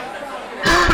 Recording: coughing mixed with background sound